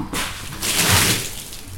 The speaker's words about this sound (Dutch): En wat is je collega nu aan het doen? Water aan het gooien op het plafond, op de muren, op de vloer, om ze uit te spoelen.